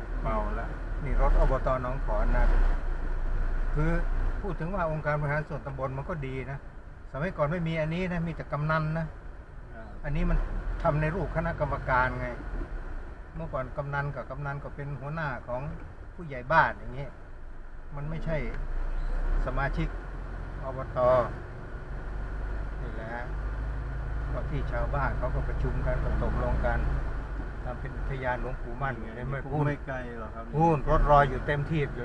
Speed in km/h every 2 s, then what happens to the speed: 8, 9, 9, 9, 8, 7, 8, 8, 7, 5, 7, 7, 7, 10, 9, 9.
0-32 steady at about 8.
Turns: none.